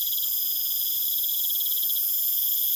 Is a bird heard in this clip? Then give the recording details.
no. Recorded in pastures near Puerto Asís, Putumayo, Colombia, on 25 June 2025 at 20:30. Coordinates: 0.487, -76.322. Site H26